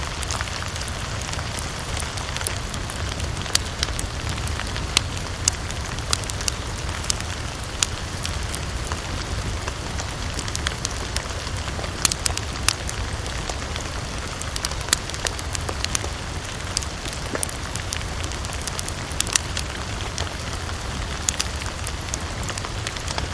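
Steady gentle rain patters densely over a low rumble, with frequent sharp crackles and pops from a campfire scattered throughout.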